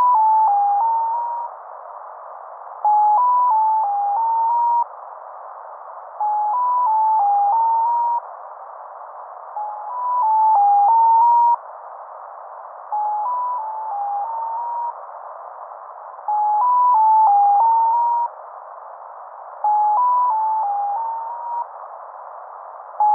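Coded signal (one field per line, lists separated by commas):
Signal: channel marker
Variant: Mazielka (X06)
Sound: short six-note tone melody near 1 kHz, repeated seven times with pauses, over hiss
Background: radio static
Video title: Mazielka (X06) tones station identification from embassy of Russia in Prague - USB 10.214 MHz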